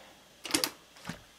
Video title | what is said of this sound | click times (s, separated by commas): Vintage RC 1/6th scale armortek early production Tiger I Video#14 part 2 of 2 (last of the details) | And that click tells you that the turret is now fully seated to the turret sides. | 0.5 s, 0.6 s